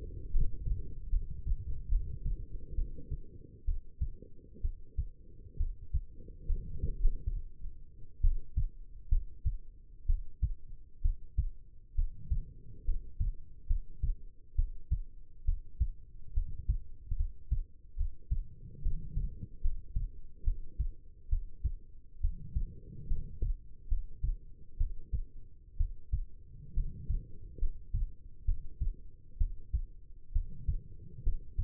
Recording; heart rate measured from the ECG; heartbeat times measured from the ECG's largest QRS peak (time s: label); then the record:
heart sounds by stethoscope; 68 bpm
0.30 s: heartbeat
1.09 s: heartbeat
1.88 s: heartbeat
2.75 s: heartbeat
3.64 s: heartbeat
4.61 s: heartbeat
5.57 s: heartbeat
6.46 s: heartbeat
6.98 s: heartbeat
8.21 s: heartbeat
9.09 s: heartbeat
10.06 s: heartbeat
11.01 s: heartbeat
11.95 s: heartbeat
12.84 s: heartbeat
13.66 s: heartbeat
14.55 s: heartbeat
15.44 s: heartbeat
16.33 s: heartbeat
17.16 s: heartbeat
17.96 s: heartbeat
18.81 s: heartbeat
19.60 s: heartbeat
20.44 s: heartbeat
21.28 s: heartbeat
22.20 s: heartbeat
23.07 s: heartbeat
23.88 s: heartbeat
24.77 s: heartbeat
25.76 s: heartbeat
26.73 s: heartbeat
27.58 s: heartbeat
28.44 s: heartbeat
29.37 s: heartbeat
30.32 s: heartbeat
31.22 s: heartbeat
From the record:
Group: healthy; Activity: rest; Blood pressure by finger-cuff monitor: 117/74 mmHg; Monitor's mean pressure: 87 mmHg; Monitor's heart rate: 67 bpm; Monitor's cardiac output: 5.4 L/min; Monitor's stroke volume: 80 mL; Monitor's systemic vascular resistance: 1150 dyn s/cm5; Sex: female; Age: 22 years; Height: 171 cm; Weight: 65.6 kg